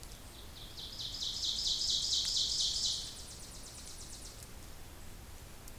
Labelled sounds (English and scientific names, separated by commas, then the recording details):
Ovenbird (Seiurus aurocapilla) song
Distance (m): 35 m
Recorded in boreal forest in Alberta, Canada, on 26 May 2016 at 07:20
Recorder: SongMeter 3, array SBT-3-15
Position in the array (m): 42 m, 252 m
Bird 20